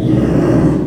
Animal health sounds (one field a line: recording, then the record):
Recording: squeal of a Yucatan mini pig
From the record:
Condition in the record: after surgery on the right vocal fold (resection and tissue-engineered implant)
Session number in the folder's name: 3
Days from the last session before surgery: 33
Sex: male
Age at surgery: 12 weeks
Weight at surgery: 13 kg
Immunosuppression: cyclosporine, prednisolone